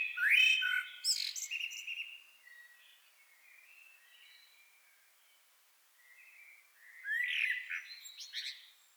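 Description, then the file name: Common blackbird singing a loud fluted phrase with a squeaky finish, a stretch of faint background warbling, then a second twittering phrase. "Turdus merula"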